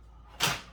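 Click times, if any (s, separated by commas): 0.4 s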